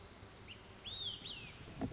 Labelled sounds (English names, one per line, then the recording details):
Olive-sided Flycatcher
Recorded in Sonoma County, California